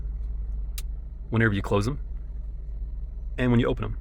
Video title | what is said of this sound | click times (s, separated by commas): Jeep Wrangler LED Air Vents 2.0 - Adding some spice to the air vent kit | do like the satisfying click that they give | 0.8 s